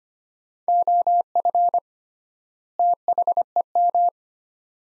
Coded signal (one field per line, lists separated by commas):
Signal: Morse code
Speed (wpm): 25 wpm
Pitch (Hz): 700 Hz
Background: none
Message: OF THEM